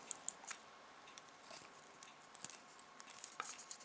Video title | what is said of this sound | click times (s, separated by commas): Star Trek U.S.S. Enterprise 2-Disc Digital Copy Special Edition DVD Set (2009) | with the green and let's see if it just locks in as easily all right you hear the | 0.1 s, 0.3 s